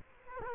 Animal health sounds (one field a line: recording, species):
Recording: mosquito wingbeat signal from an infrared sensor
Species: Culex quinquefasciatus